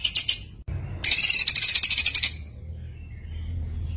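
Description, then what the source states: Short white-eye bursts: a quick high trill, a pause, then a rapid chatter fading to quiet. Masteran (tutor recording) of a gacor, continuously singing white-eye, with full tembakan bursts.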